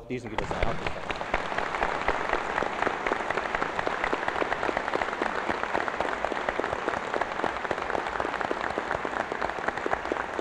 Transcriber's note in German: Applaus